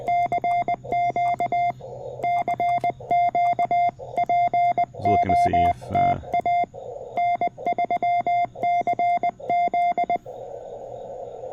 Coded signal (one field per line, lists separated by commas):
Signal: Morse code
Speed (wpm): 20 wpm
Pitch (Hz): 700 Hz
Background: none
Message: CQ CQ POTA N3CZ